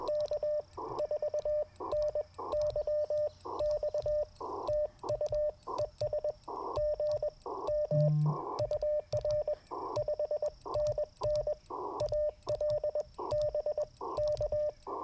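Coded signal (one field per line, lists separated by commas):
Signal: Morse code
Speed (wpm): 21 wpm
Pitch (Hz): 600 Hz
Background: radio noise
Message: K4NYX TU ES GM UR 5NN AL BK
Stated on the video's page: QRP CW Parks on the Air activation in early morning with Icom IC-705, Gabil GRA-7350T antenna, and Modern Morse Nameless key.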